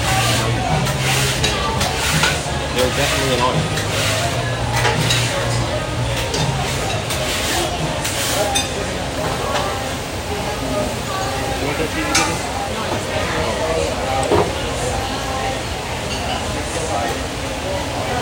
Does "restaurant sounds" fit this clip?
yes